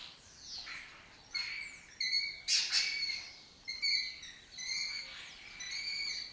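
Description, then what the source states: Lesser kestrel calls: harsh, buzzy notes with stacked overtones, given in short repeated bursts, with thin sliding chirps in the background. Colony breeding in an abandoned house complex in Doñana; migratory raptor that forages in West Africa and breeds in southern Europe.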